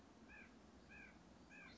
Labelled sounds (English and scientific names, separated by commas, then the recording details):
White-breasted Nuthatch (Sitta carolinensis)
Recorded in Sonoma County, California